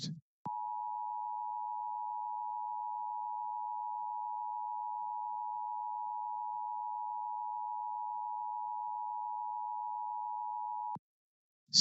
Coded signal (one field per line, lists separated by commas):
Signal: Emergency Alert System (SAME) tones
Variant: 853 and 960 Hz attention tone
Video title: LIVE AM/MW DX: DX Central Live - S. 3, Ep. 21 | Friday, March 17, 2023